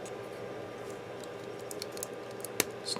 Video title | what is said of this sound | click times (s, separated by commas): *GundamCustoms* RG Gundam Wing Zero EW Custom - Part 6 | the waste unit snaps into place like so | 2.6 s